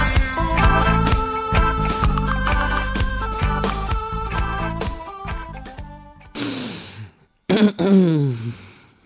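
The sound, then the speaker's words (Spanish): A stretch of tonal music fades out, then a woman with the flu coughs in two rough, raspy bursts separated by a brief pause, the second fit longer and strained. “Y en el programa de hoy, esa ha sido la tos de la compañera.”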